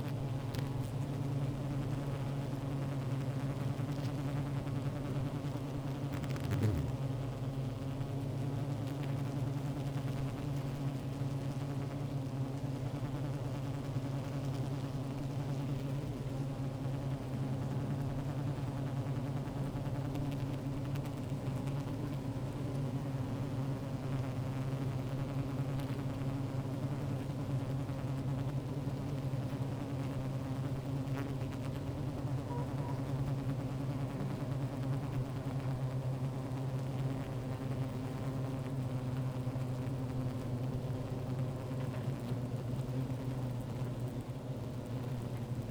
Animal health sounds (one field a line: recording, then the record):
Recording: honeybee colony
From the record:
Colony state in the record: active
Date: 28 July 2017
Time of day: 15:12